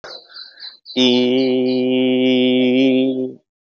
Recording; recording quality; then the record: sustained vowel as in beet; excellent, no background noise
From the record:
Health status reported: COVID-19 positive, mild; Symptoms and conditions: sore throat, loss of smell and taste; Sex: male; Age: 24 years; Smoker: not ticked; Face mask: not worn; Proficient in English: yes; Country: India